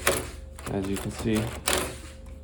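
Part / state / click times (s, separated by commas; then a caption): interior door lever handle onto the lockset spindle / seated / 0.1 s. An interior door lever handle is slid onto its lockset spindle with the retaining tab pushed in, and it snaps into place with a sharp mechanical click at 0.1 s. Someone talks over the clip as the handle locks on. The handle is seated.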